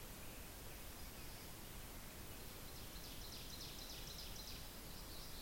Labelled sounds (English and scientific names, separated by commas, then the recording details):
Ovenbird (Seiurus aurocapilla) song
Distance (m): 45 m
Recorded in boreal forest in Alberta, Canada, on 10 June 2016 at 07:44
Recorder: SongMeter 3, array SBT-3-39
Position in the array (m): 325 m, 145 m
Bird 19